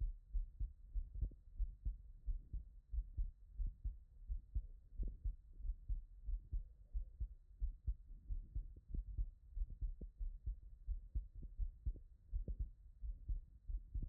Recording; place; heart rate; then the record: heart sounds by stethoscope; Erb's point; 89 bpm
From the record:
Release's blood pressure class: normal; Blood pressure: 114/67 mmHg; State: after exercise